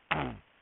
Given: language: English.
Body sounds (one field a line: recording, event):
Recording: throat vibration sensor signal played as sound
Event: throat clearing